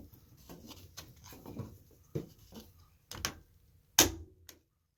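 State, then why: Seated. A plastic drain pump filter cap is screwed back clockwise into the drain pump housing of a Samsung washing machine while fixing a SUD error code. Soft scraping and small ticks of the turning cap lead up to one sharp, loud click at 4.0 s. The cap is seated tight.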